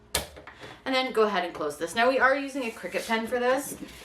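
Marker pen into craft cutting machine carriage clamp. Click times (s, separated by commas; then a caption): 0.2 s. A medium-tip 1.0 marker pen is pushed down into the pen clamp of a craft cutting machine's carriage, with a finger supporting the carriage from below. It clicks into place with a sharp hit at 0.1 s, followed by a softer knock around 0.5 s. Someone then talks.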